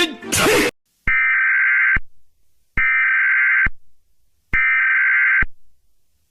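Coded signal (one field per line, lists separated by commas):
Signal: Emergency Alert System (SAME) tones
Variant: header bursts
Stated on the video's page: Fictional plane crash scenario using valid EAS tones.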